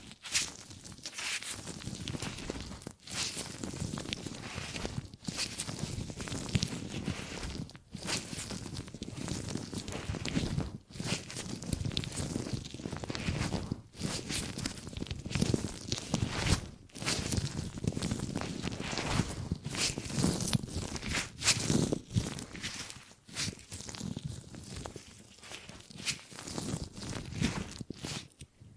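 Gripping and grabbing sounds: a dense, continuous run of rustling, crinkling handling noise that fills the low and high range alike. Brief pauses break it every few seconds, near 3, 8, 11, 14, 17 and 23 seconds, before the busy scraping and squeezing resumes.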